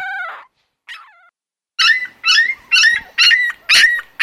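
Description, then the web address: Dog whining and yipping: two high, falling whimpers, then a quick run of sharp yelping barks at about two per second. "Canine -Canine"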